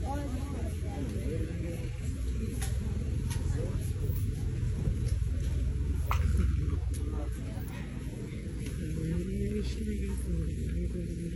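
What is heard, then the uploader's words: A night walk along Hyde and Turk Streets in San Francisco, set against a steady, heavy low rumble of traffic. People's voices murmur throughout, rising more clearly toward the end, while short sharp ticks and taps break through every second or so. Walk down hyde st and turk st san francisco at night.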